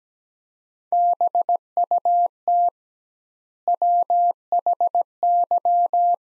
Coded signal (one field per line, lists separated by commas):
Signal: Morse code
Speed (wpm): 17 wpm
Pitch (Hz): 700 Hz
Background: none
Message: BUT WHY